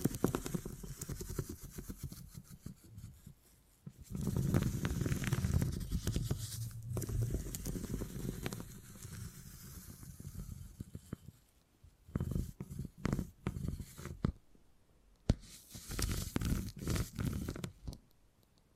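Beeswax is pressed, squeezed and rubbed, giving soft crackles, sticky clicks and a low squishy rumble. The sound is dense and busy from about 4 to 7 seconds, thins to a quiet hiss near 10 to 11 seconds, then returns in bursts of crisp tapping and crinkling.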